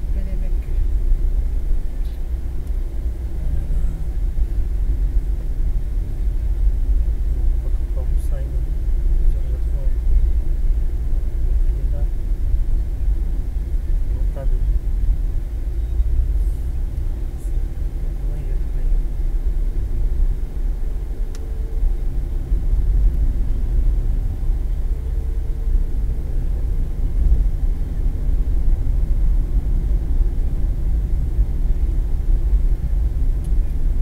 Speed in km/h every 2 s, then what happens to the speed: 39, 38, 36, 36, 37, 37, 36, 35, 37, 41, 43, 43, 44, 46, 47, 46, 45.
0-14 steady at about 36. 14-27 speeds up to 47. 27-34 steady at about 46.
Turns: none.